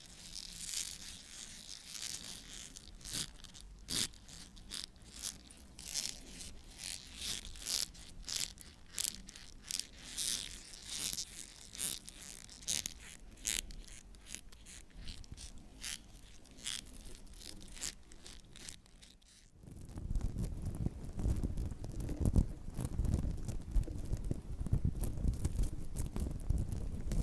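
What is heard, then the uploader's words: Bright fingernail scratches on leather bags tick rapidly for twenty seconds, then give way to a louder, deeper, continuous rubbing texture. Scratches on ASMR leather and metallic textured leather bags (no talking).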